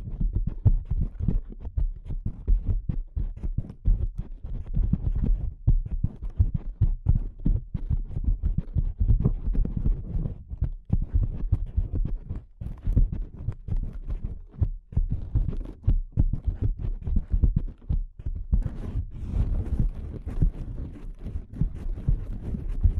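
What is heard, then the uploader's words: Delicate tapping, a dense, uneven flurry of soft, low, thudding taps that continues without pause for the whole stretch, with slight swells in loudness. ASMR Delicate Tapping (No Talking).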